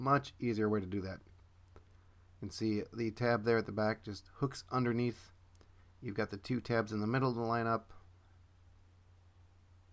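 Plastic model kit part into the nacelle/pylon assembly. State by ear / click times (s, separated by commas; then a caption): not seated / none. A plastic model-kit nacelle/pylon part is fitted into its assembly while someone talks. The part is hooked under at the rear tab and its two middle tabs are lined up, with only a faint tick near 1.8 s. Nothing has seated or clicked yet.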